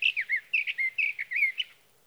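Sage thrasher song fragment of several rapid slurred warbling notes, ending in silence.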